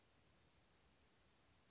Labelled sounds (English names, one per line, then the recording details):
Western Flycatcher
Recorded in Sonoma County, California